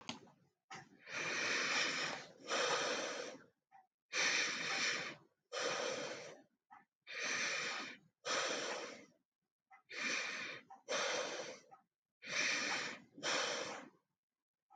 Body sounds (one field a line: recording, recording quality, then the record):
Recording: deep breathing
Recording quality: excellent, no background noise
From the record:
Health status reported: healthy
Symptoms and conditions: none ticked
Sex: female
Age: 36 years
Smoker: not ticked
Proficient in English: yes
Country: United States